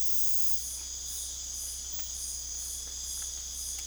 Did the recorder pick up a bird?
no